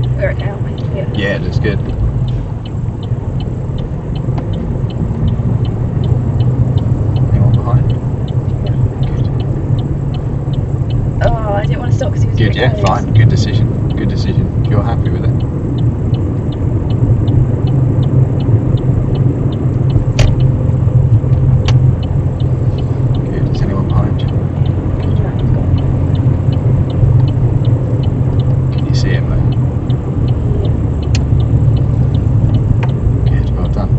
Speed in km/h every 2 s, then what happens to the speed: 18, 23, 27, 29, 29, 31, 31, 32, 37, 37, 35, 37, 37, 35, 32, 24, 18.
0-4 speeds up to 27. 4-12 steady at about 29. 12-16 speeds up to 37. 16-24 steady at about 37. 24-34 slows to 18.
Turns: 10-20, 22-34.